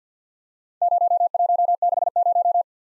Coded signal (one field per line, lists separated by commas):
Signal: Morse code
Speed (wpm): 49 wpm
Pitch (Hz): 700 Hz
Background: none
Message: 0160